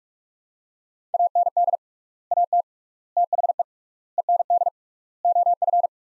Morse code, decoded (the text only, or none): AND AT THE END OF